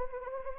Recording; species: mosquito wingbeat signal from an infrared sensor; Anopheles arabiensis